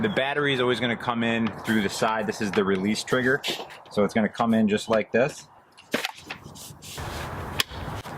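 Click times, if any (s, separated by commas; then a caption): 7.6 s. Someone talks while a battery pack is slid into the side of an electric chainsaw body next to the release trigger, with a couple of short handling knocks around 6.0 and 6.3 seconds. The battery clicks into place and seats at 7.6 seconds with a sharp, bright snap.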